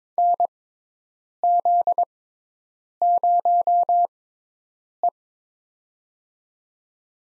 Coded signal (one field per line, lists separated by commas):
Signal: Morse code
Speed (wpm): 22 wpm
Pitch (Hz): 700 Hz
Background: none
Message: NZ0E